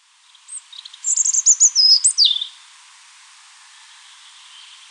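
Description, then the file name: European robin song, one short phrase of very high, thin warbled notes ending in a slide down, followed by quiet. "Erithacus rubecula"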